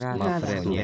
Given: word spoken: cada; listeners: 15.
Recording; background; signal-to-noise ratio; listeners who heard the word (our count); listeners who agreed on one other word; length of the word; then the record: one Spanish word in noise, from a listening test; four-talker babble; -1.5 dB; 0 of 15; 10 of 15; 0.44 s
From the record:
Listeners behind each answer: 10, 2, 1, 1, 1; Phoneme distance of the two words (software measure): 10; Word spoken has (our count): 2 syllables, 4 phonemes, stress on syllable 1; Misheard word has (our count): 2 syllables, 4 phonemes, stress on syllable 1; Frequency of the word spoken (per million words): 816.46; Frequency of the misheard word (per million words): 631.49